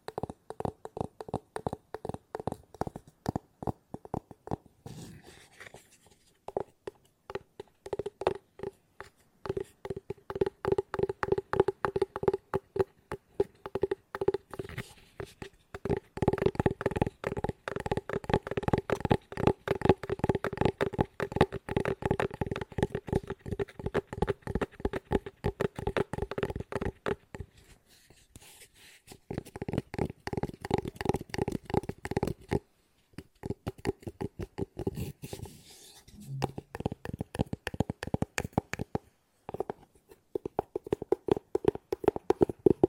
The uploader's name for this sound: ASMR Tapping No Talking Fast